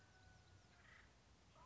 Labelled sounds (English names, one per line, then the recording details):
Acorn Woodpecker
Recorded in Sonoma County, California